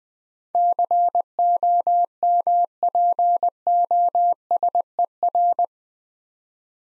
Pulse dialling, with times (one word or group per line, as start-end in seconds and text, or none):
none